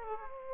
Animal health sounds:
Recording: mosquito wingbeat signal from an infrared sensor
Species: Aedes aegypti

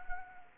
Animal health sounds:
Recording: mosquito wingbeat signal from an infrared sensor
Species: Anopheles arabiensis

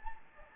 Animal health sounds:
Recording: mosquito wingbeat signal from an infrared sensor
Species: Anopheles gambiae

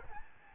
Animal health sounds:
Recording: mosquito wingbeat signal from an infrared sensor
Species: Aedes albopictus

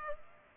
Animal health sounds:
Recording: mosquito wingbeat signal from an infrared sensor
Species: Culex pipiens

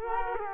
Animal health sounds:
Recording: mosquito wingbeat signal from an infrared sensor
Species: Culex quinquefasciatus

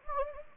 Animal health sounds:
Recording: mosquito wingbeat signal from an infrared sensor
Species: Anopheles gambiae

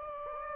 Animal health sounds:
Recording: mosquito wingbeat signal from an infrared sensor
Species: Anopheles gambiae

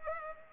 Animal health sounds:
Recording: mosquito wingbeat signal from an infrared sensor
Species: Culex pipiens

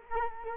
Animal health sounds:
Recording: mosquito wingbeat signal from an infrared sensor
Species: Culex quinquefasciatus

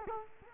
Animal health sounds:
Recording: mosquito wingbeat signal from an infrared sensor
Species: Culex quinquefasciatus

